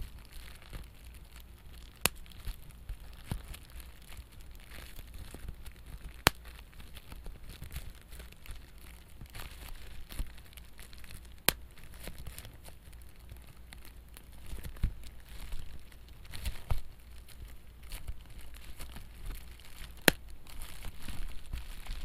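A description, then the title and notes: Bubble wrap is handled with a constant soft crinkling rustle running through the whole clip. Sharp pops stand out every few seconds, clearest around 2, 6, 11, 15 and 20 seconds. Handling grows a little busier toward the end. Bubble Wrap ASMR satisfying crinkling and popping to give you tingles! (No talking).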